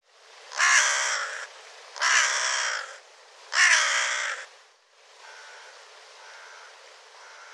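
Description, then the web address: Bird calling with three loud, rough caws in steady succession, followed by fainter, softer calls. "cianscape birddata Deverinetal 2025 Bird Co Co Co Co"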